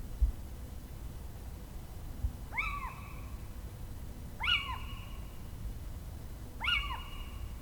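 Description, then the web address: Little owl giving plaintive mewing calls that arch up then fall, three calls about two seconds apart, over a steady low rumble. "birdify Athene noctua"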